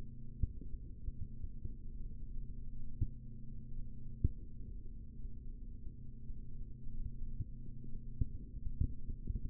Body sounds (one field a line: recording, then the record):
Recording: forearm muscle sounds (acoustic myography)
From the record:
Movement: rest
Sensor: system 3, bracelet of six PUI Audio POM-2738L microphones around the upper forearm, with dedicated amplification and filtering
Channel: 6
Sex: male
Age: 25 years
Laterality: right